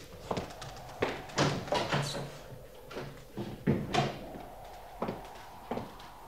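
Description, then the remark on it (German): A door is opened with a series of irregular clunks and rattles, a handle and latch clicking, then a few scattered thumps as it swings. No voices. “Hier, diese Tür.”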